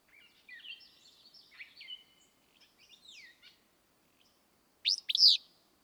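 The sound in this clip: Willow Flycatcher gives a single explosive, buzzy two-note phrase near the end, after a few seconds of soft, varied high warbling and chips.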